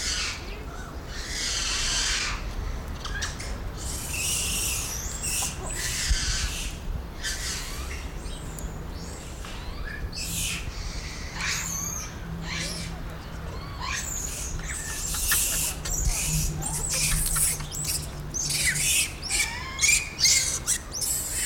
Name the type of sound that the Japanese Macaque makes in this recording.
call